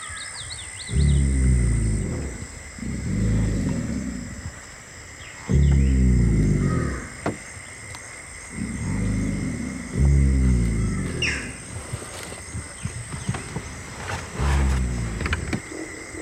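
An alligator snores in deep, rumbling breaths about every two seconds, with a steady high whine of insects and occasional bird chirps behind.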